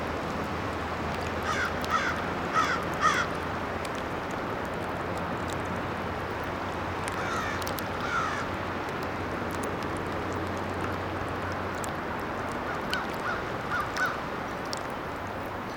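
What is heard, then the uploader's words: Water lapping ice crackles densely and steadily throughout, while crow-like caws break in around two, eight and fourteen seconds over a low hum. Hidden Falls Regional Park, St. Paul, MN. The first is by the Mississipi; the crackling sound is water lapping ice.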